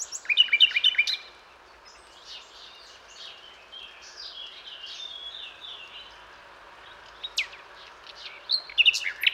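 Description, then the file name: Common nightingale giving a loud opening of quick sharp notes, then softer sliding high whistles, with more sharp notes at the end. "Luscinia megarhynchos"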